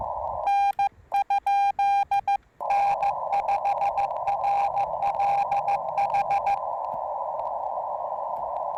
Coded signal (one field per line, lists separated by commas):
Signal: Morse code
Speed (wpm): 15 wpm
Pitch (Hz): 810 Hz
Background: radio noise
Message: N ? N5RLH